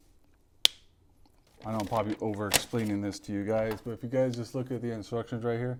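A negative wire's terminal pin is pushed, facing up, into the plastic connector housing of a HobbyWing Max6 ESC for a Traxxas X-MAXX 8s. A single sharp click at 0.7 s marks its locking tabs snapping home, and the pin is seated. Someone then talks.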